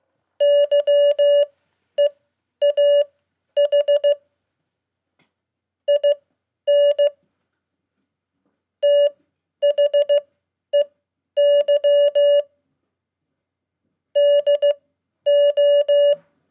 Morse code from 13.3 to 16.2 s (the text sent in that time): DO